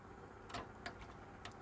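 A CPU power cable connector is lined up with its notch and pushed into the motherboard header. It clicks in at 0.9 s, and further short clicks follow near 1.5 s and 1.7 s. The connector is seated.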